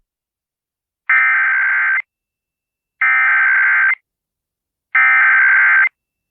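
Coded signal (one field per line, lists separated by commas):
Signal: Emergency Alert System (SAME) tones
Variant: header bursts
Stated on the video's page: Real Amber Alert EAS activation relayed over AM talk radio, FM country radio, a TV station and NOAA Weather Radio.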